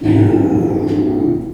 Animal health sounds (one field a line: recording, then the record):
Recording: squeal of a Yucatan mini pig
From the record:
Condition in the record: before surgery on the right vocal fold (resection and tissue-engineered implant)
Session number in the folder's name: 1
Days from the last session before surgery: -21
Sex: female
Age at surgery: 19 weeks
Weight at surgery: 25 kg